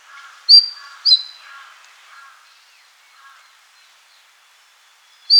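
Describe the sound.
Rufous-gorgetted flycatcher song: two sharp, high thin notes half a second apart, another later, with soft lower warbled notes in the background.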